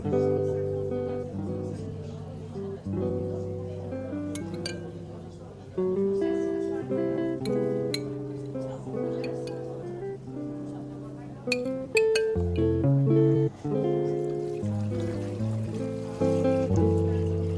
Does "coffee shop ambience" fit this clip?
yes